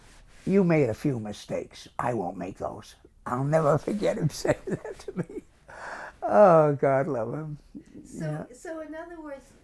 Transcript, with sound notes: You made a few mistakes—I won't make those." I'll never forget him saying that to me! (Laughs) Oh, God love him.
So in other words,